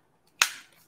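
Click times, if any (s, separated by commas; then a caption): 0.4 s. A plastic grooming attachment is clicked onto the body/hose of a Neakasa P2 Pro dog grooming vacuum. There is a faint tick at 0.3 s, then a single sharp, bright snap at 0.4 s that decays over about half a second. The attachment seats firmly and feels sturdy and well made.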